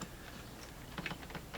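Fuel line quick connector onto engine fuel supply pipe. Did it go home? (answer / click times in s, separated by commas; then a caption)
no / none. A fuel line quick-connect fitting is handled at the engine-side fuel supply pipe of a 2018 Jeep Grand Cherokee's Pentastar 3.6L engine during reassembly after an oil cooler replacement. Brief handling taps and rustles occur near 0.0, 1.0 and 1.1 seconds. Nothing has seated or clicked yet.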